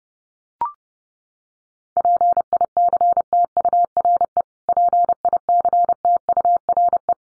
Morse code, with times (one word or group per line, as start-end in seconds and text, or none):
2.0-4.4 PICTURE
4.7-7.1 PICTURE